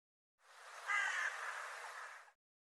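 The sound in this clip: Bird uttering a single drawn-out, hoarse rasping caw, with nothing else heard.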